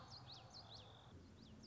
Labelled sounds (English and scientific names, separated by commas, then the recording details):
Common Yellowthroat (Geothlypis trichas)
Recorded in Sonoma County, California